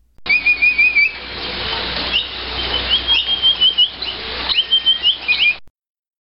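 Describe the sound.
Capybara giving high, squeaky whistled notes in quick runs of several, pausing between bursts, over a steady hiss of background noise.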